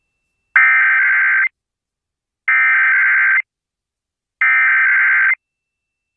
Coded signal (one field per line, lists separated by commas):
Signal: Emergency Alert System (SAME) tones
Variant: header bursts